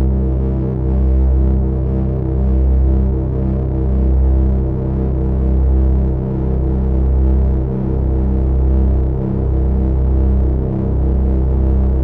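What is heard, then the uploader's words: A thick, low synthesizer drone of stacked square waves holds steady, its deep tones throbbing and pulsing slowly as filtered overtones shimmer above. A drone for five square waves and resonant 24 dB filter.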